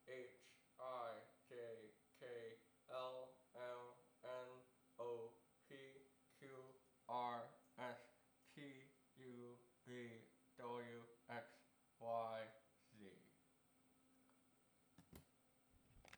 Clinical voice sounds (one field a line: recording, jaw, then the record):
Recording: letters of the alphabet, spoken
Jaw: constrained by a bite bar between the teeth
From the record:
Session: first day, right after the free take